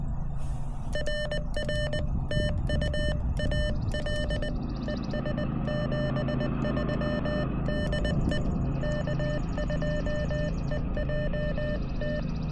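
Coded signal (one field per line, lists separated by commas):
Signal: Morse code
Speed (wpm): 20 wpm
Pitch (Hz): 3000 Hz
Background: music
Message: RR TU AL ES 73 DE K2EJT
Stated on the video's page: Morse heard during a combined park and summit activation on foot; very weak signals masked by noise from nearby brush-clearing machinery.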